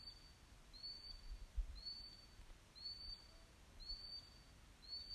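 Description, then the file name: Bird giving a short, high, slightly rising whistle again and again at about one-second intervals against quiet low rumble. Recording sent in with a question in 2020. "nytt opptak fugl"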